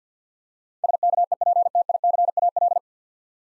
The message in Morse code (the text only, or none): SKEPTICAL